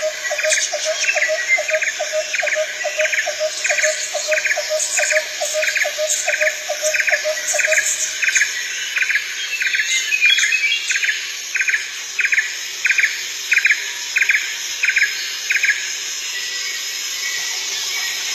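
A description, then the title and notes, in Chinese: Unknown birds call in a jungle, one repeating a quick, regular chirp about four times a second through nearly the whole clip. A lower pulsing call runs alongside it for the first eight seconds, over a steady high insect-like hiss. 大自然的声音：丛林各种不知名的鸟叫声。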